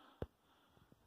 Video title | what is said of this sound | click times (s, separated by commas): Hang onn Walmart tv mount 47-80 inch | you can see it clicked into place there. | 0.2 s